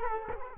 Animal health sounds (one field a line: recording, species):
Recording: mosquito wingbeat signal from an infrared sensor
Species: Culex quinquefasciatus